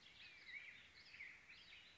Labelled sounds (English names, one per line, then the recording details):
Black-headed Grosbeak
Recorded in Sonoma County, California